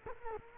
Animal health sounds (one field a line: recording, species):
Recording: mosquito wingbeat signal from an infrared sensor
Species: Culex quinquefasciatus